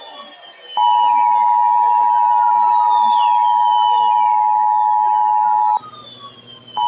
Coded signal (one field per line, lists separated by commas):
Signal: Emergency Alert System (SAME) tones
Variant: 853 and 960 Hz attention tone